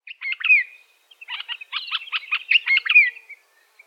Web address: African red eyed bulbul. بلبل-چشم-سرخ